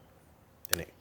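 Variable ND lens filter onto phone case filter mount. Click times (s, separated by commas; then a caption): 0.7 s. A variable ND lens filter slides along the rail system of a PolarPro LiteChaser 15 Defender phone case and snaps into its filter mount. After a quiet stretch, a faint tick at 0.7 s leads into a sharp, bright click at 0.7 s, followed by a softer rattle around 0.8 s. The filter is seated in place on the case.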